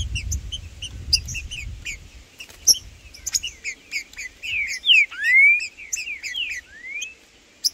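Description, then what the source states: Green-winged saltator song: quick high chirps mixed with loud slurred whistles, several falling then rising sweeps near the end, with low rumbling early on. Trinca-ferro in the bush chirping (piando), singing and macheando (male display) in competition with a free bird; birds named Blindado and Tufão.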